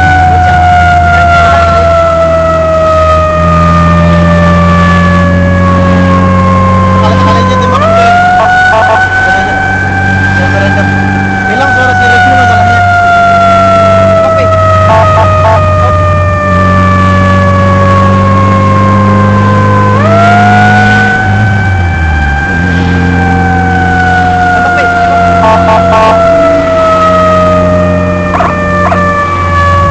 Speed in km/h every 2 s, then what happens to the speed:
60, 60, 65, 69, 68, 70, 69, 68, 69, 73, 76, 75, 76, 76, 77.
0-6 speeds up to 69. 6-15 steady at about 69. 15-19 speeds up to 76. 19-30 steady at about 76.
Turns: none.